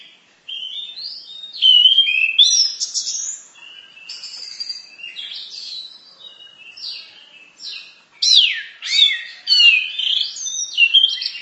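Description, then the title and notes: Bird pouring out a long, complex song of fast twitters, sharp chips and swooping whistles, loudest early on and again toward the end. "Kicau Burung Lengkap"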